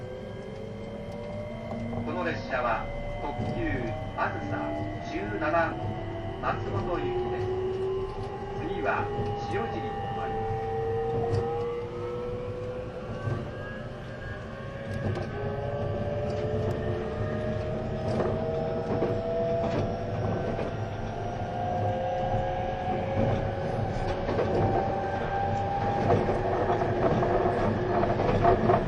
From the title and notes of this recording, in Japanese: E257系 あずさ19号03 甲府～松本。音の旅(走行音)。